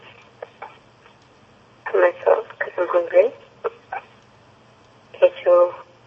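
Hiccups from an adult woman, heard over a telephone line.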